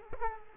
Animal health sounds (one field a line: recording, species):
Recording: mosquito wingbeat signal from an infrared sensor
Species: Culex quinquefasciatus